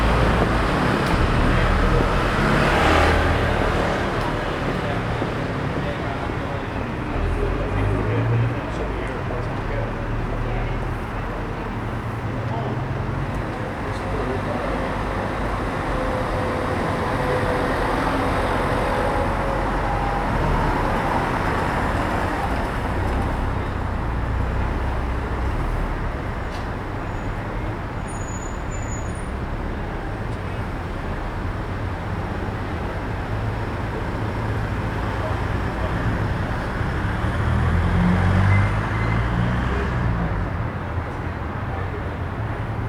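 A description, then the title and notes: Traffic passes on a street outside a small bar on a Friday evening, a steady dense wash of road noise with low rumble that swells slightly around the start and again near 38 seconds. Murmuring voices from people gathering blend into the background throughout. Captured on a Friday evening on the street outside a small bar. Traffic is passing by as people are gathering in a bar opposite.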